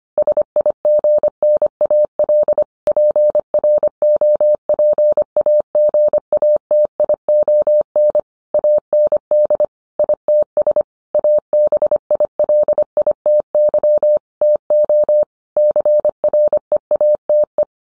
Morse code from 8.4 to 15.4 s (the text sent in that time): AND ITS ABILITY TO